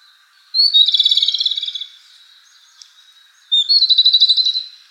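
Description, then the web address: Japanese robin singing two bright, fast rattling trills, each about a second long, over a faint steady background hum. "birdenaga komadori"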